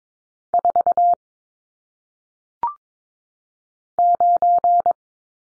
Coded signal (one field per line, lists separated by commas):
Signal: Morse code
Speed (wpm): 22 wpm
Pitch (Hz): 700 Hz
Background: none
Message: 4 9